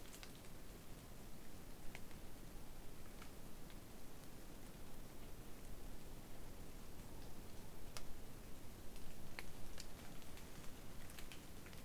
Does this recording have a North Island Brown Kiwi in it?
no